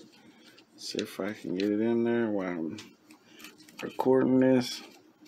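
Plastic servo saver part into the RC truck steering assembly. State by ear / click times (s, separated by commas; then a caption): not seated / none. A plastic servo saver part is pressed by hand into the steering assembly of a Redcat Shredder RC truck, to fix a loose servo saver and sluggish steering. Someone talks while faint handling knocks and rubs come through. Nothing has seated or clicked yet.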